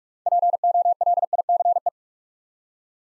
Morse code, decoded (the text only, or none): POLICE